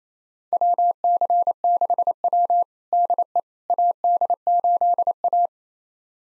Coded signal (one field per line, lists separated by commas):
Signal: Morse code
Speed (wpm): 27 wpm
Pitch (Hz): 700 Hz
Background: none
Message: WC6W DE AD8A